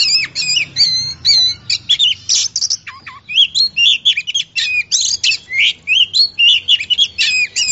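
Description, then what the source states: Oriental magpie-robin delivering a lively song of sharp upslurred whistles, twangy notes and scratchy chatter, phrases tumbling quickly after one another. Champion singing bird.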